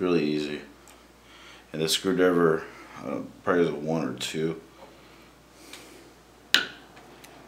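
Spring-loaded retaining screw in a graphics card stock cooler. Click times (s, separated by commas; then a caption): 6.5 s. A spring-loaded retaining screw holding the stock cooler on an EVGA GTX 670 graphics card is unscrewed with a screwdriver while someone talks. At 6.5 s a sharp click is heard as the screw pops up and comes free, releasing it.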